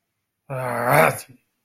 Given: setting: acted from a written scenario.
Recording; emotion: vocal sound without words; contempt